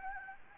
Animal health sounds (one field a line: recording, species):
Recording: mosquito wingbeat signal from an infrared sensor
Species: Anopheles gambiae